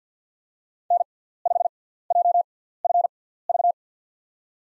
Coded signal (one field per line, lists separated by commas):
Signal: Morse code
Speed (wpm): 50 wpm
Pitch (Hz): 700 Hz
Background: none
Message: N5JFV